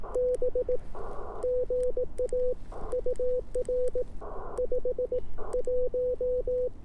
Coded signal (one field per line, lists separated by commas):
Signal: Morse code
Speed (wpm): 18 wpm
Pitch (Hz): 500 Hz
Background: none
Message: B GA UR 5 1